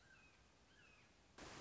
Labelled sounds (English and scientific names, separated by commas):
Red-shouldered Hawk (Buteo lineatus)